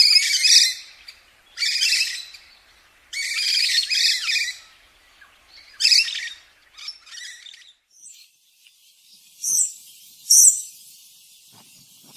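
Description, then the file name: Lorikeet screeching: loud, harsh, high-pitched bursts repeated in quick series, then more scattered shrieks. "Лори -Лорикет -Попугай -Голоса-птиц"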